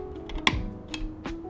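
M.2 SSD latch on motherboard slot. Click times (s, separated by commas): 0.5 s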